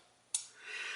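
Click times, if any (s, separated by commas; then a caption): 0.4 s. The titanium frame-lock bar of a GTC Federal Lite H/C prototype folding flipper knife is pushed over until it hits its overtravel stop. A sharp, bright click sounds at 0.4 s against a quiet background, followed by a rising soft hiss. The lock bar seats against the stop, which keeps it from traveling too far.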